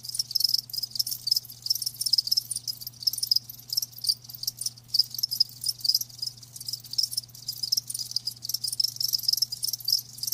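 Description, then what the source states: Cricket chorus of rapid, high-pitched chirps, pulses packed closely with short breaks, over a quiet steady low hum. Live crickets chirping.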